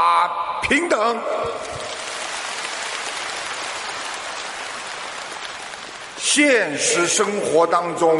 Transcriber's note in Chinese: 掌声